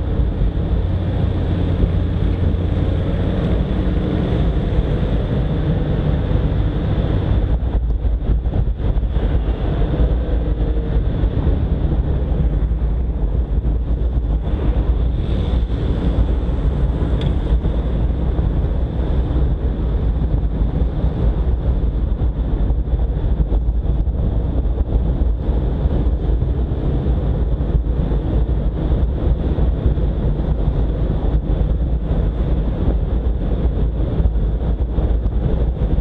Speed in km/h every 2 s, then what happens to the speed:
33, 34, 35, 35, 36, 36, 36, 37, 37, 36, 37, 38, 40, 43, 45, 47, 48, 49.
0-19 steady at about 36. 19-36 speeds up to 49.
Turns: none.